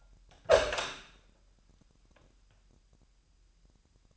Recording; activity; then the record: daily activity, microphone in the room; open door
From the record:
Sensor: 2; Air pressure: 998.2 hPa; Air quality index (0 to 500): 142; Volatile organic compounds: 4 ppm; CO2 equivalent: 1612 ppm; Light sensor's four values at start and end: 12/34/14/13 and 12/34/14/13